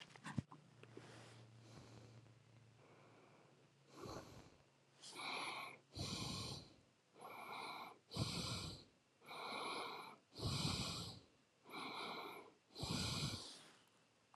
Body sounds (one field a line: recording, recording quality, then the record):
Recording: shallow breathing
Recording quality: excellent, no background noise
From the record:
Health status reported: healthy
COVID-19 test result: not tested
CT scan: not taken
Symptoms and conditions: none ticked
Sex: male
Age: 42 years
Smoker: no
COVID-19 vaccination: one dose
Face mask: not worn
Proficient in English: yes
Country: India